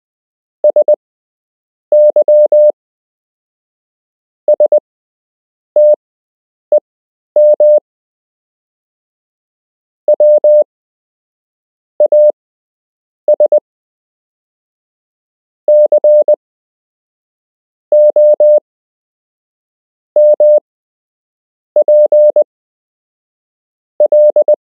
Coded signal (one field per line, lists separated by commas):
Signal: Morse code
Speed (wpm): 20 wpm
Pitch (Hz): 600 Hz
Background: none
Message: SYSTEM WAS COMPL